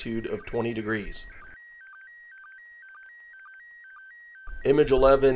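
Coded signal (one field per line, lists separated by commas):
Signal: SSTV (slow-scan television)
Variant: PD 120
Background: speech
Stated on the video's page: SSTV images transmitted from the International Space Station, received at a home station in Arizona.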